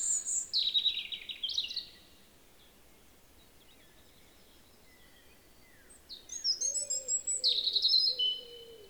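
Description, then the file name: European robin song: a high, thin warbled phrase in the first two seconds, a pause, then a longer sweet, tumbling phrase, with lower wavering notes beneath near the end. "Erithacus rubecula"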